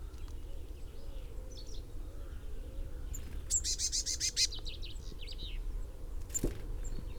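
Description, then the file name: Eurasian blue tit uttering a single short, rattling churr midway, with faint scattered chirps over a continuous low background hum. "Cyanistes caeruleus"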